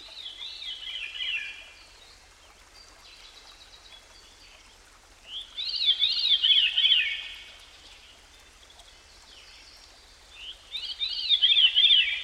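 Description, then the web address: Veery song: three fluty phrases, each a rolling downward spiral of overlapping notes, repeated roughly every five seconds above a steady background hiss. "Dan Gibson Songbirds By The Stream. Veery"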